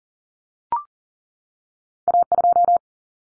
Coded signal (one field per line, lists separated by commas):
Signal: Morse code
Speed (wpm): 40 wpm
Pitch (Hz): 700 Hz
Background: none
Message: A2